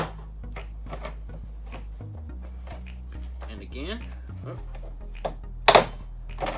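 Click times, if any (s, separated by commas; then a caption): 5.7 s. A trim panel tool is pushed up against a hidden plastic retaining clip on an interior trim panel of a Grand Caravan / Town & Country minivan and pried upward until the clip pops free. Someone talks over quiet background music, and a few soft handling knocks lead up to a sharp, loud pop at 5.7 s as the clip releases.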